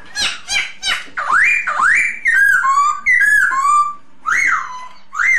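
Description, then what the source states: Masked laughingthrush: a few harsh notes, then strong whistles sweeping up and down in a lively series. Lure sound (Indonesian 'suara pancingan') of the Poksay Hongkong.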